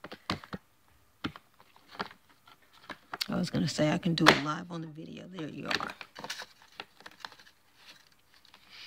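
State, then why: Seated. The harness height-adjuster piece of an Evenflo infant car seat is re-threaded into its plastic grooves on the seat shell and pushed until it snaps back into place. Sharp clicks and rustling handling sounds are heard while someone talks. The piece seats with snaps at 6.8 s and 7.3 s.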